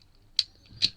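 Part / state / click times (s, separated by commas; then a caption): plastic backpack/bonnet piece onto the pegs of a transforming action figure / seated / 0.4 s. A plastic backpack/bonnet accessory piece with the gun mount is pushed onto the plastic pegs of a transforming action figure. A sharp, bright plastic click at 0.4 s marks it locking into place, and a second similar click follows at 0.8 s. The piece ends up seated on the pegs.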